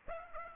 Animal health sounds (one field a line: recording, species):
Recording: mosquito wingbeat signal from an infrared sensor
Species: Aedes aegypti